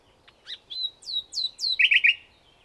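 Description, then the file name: Common nightingale singing: a few scattered notes, three loud descending whistled sweeps, then a fast throaty rattle of repeated notes. "Luscinia megarhynchos"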